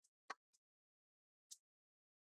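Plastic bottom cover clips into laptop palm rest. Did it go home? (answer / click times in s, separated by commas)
yes / 0.3 s, 1.5 s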